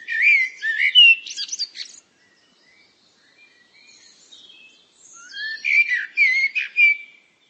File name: Canary bird